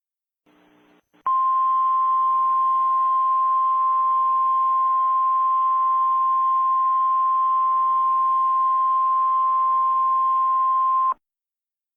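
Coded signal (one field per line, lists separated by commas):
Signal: Emergency Alert System (SAME) tones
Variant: 1050 Hz attention tone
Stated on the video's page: Simulated EAS scenario depicting a hypothetical Galveston hurricane with seawall destruction; loud alert tones.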